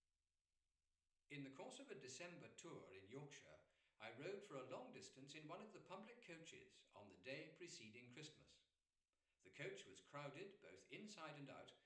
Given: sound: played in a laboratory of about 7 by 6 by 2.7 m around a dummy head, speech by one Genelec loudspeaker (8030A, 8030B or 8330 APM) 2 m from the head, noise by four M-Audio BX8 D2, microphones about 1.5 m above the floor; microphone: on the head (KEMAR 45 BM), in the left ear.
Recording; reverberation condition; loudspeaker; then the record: male speech in English; medium; 60 degrees to the left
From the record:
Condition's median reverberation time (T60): about 510 ms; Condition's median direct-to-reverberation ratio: about -0.5 dB